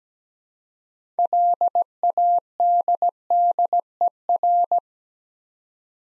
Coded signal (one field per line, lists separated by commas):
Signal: Morse code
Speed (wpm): 17 wpm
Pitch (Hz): 700 Hz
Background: none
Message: LADDER